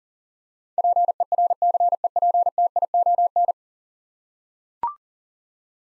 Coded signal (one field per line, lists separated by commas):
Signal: Morse code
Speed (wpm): 40 wpm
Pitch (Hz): 700 Hz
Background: none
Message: PERCEPTION